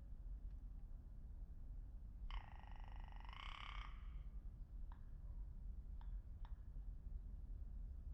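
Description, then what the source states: Rock ptarmigan giving a single dry, rattling croak of about one and a half seconds with a raspy pulsed texture, then a few faint clicks over a low steady rumble. Curious rock ptarmigan recorded in Iceland, April 2019, with a Lewitt LCT540s microphone.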